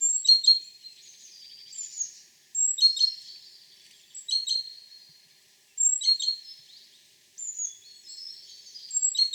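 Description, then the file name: Great tit calls, clusters of high scratchy chirps and thin whistled notes in several bursts, roughly one and a half to two seconds apart. "Parus major"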